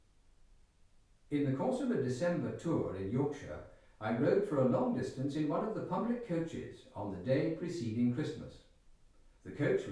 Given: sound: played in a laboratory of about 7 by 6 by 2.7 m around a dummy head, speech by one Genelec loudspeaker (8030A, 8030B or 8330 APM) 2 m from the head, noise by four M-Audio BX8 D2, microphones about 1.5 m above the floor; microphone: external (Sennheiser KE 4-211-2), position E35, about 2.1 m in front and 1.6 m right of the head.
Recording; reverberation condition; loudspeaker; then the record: male speech in English; medium; 60 degrees to the left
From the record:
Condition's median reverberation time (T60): about 510 ms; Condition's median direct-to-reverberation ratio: about -0.5 dB